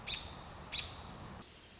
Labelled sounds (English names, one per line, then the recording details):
American Robin
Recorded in Sonoma County, California